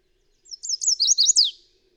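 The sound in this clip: Bird song: a single brisk, high-pitched phrase of about six rapid slurred notes, dropping slightly in pitch and ending with a quick downward flick.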